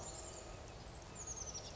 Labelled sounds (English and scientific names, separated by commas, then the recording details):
Oak Titmouse (Baeolophus inornatus)
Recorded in Sonoma County, California